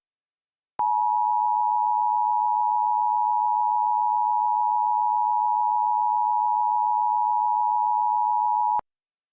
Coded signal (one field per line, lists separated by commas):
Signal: Emergency Alert System (SAME) tones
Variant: 853 and 960 Hz attention tone